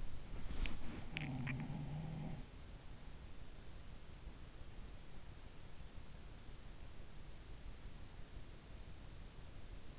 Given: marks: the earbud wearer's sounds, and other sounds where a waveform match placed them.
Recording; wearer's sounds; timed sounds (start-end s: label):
sounds in sleep by an in-ear microphone; body movement, swallowing
0.00-1.25 s: body movement
0.15-2.62 s: sound from someone else or the room
0.98-1.74 s: swallowing